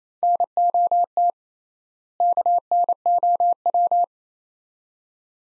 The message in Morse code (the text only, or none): NOT KNOW